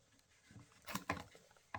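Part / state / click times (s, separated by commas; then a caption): electric shaver into its charging dock stand / not seated / none. An electric shaver, a Kemei KM-5181, is placed into its plastic charging dock stand, producing a few brief handling knocks around 0.96, 1.10 and 1.75 seconds. The shaver does not lock into the dock, and nothing has seated or clicked yet.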